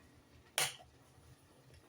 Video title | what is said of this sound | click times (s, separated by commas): Il m'a insulté😶 et nouvelle collection - Studio vlog 185 | non ça a l'air d'être ok bon après c'est très sympa c'est très joli une fois que c'est clipsé ça donne ça et | 0.6 s